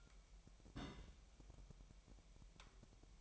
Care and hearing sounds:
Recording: daily activity, microphone in the room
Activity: place on stove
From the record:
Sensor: 1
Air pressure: 1002.0 hPa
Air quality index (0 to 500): 246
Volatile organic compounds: 50 ppm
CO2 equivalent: 3296 ppm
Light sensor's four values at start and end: 5/12/5/6 and 5/12/5/6

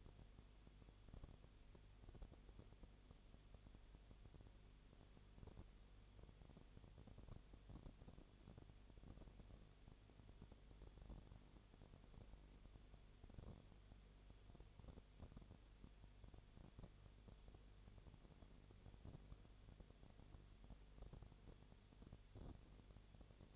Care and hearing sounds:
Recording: daily activity, microphone in the room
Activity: no activity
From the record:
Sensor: 4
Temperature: 22.7 degrees Celsius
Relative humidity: 32.0%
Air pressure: 1008.1 hPa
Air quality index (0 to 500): 114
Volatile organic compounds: 2 ppm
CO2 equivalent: 1102 ppm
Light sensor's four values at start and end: 2/3/1/1 and 2/3/1/1

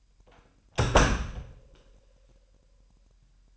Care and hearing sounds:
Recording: daily activity, microphone in the room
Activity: close door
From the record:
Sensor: 2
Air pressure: 998.3 hPa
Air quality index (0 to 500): 138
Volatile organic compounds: 4 ppm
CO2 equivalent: 1560 ppm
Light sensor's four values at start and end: 12/35/14/14 and 12/35/14/14

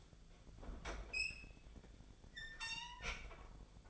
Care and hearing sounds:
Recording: daily activity, microphone in the room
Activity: open fridge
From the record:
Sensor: 5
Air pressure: 1009.8 hPa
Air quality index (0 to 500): 162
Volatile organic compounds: 4 ppm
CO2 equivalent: 1575 ppm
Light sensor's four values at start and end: 118/304/127/135 and 121/308/129/137

